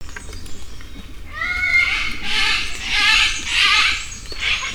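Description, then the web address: Malabar pied hornbill calls: a few thin squealing notes give way to loud, harsh, broad cackling bursts that swell and fade in waves. "malabar pied hornbill. صدای-پرنده-نوکشاخ-مالابار"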